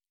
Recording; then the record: hydrophone in a shrimp aquaculture tank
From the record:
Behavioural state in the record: normal